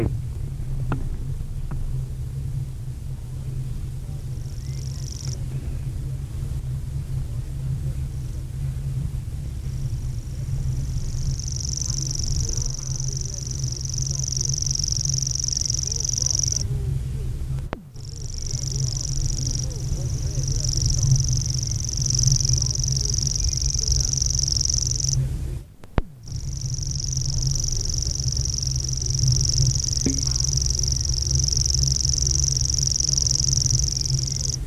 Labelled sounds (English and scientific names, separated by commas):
Common Grasshopper Warbler (Locustella naevia) song